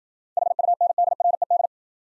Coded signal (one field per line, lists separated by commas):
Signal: Morse code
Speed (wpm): 53 wpm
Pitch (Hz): 700 Hz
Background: none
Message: HUNDRED